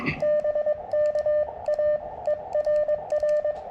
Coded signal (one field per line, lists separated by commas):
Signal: Morse code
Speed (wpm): 20 wpm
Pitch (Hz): 600 Hz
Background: radio noise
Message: BK A ERR